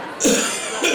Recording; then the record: coughing mixed with background sound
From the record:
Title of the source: Spring Cold Coughing.